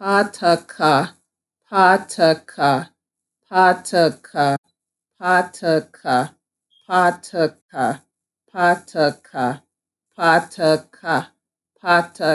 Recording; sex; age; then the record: repeated syllables /pa ta ka/; female; 30 to 39 years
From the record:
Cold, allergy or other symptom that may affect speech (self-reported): no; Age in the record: 36 years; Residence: Georgia, United States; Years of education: 16